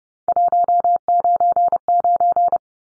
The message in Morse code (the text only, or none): 199